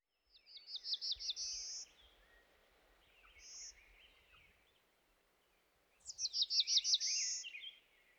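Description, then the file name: Black-throated blue warbler singing two songs, each a rapid series of high slurred notes ending in a drawn-out buzz. "dan gibsons solitudes black throated blue warbler"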